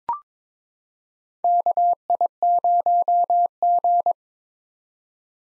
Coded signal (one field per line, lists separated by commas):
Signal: Morse code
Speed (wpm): 22 wpm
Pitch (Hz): 700 Hz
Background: none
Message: KI0G